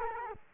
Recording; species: mosquito wingbeat signal from an infrared sensor; Culex quinquefasciatus